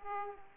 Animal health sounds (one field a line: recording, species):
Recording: mosquito wingbeat signal from an infrared sensor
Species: Aedes aegypti